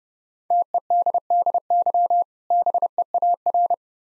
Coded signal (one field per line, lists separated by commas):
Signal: Morse code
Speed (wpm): 32 wpm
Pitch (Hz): 700 Hz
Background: none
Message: TEDDY BEAR